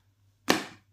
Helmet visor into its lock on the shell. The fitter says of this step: Sound వస్తుంది చూసారా, lock అయిపోతుంది.